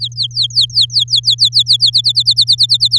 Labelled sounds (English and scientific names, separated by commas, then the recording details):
Domestic Canary (Serinus canaria) song
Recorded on 10 May 2018 at 09:46
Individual llb16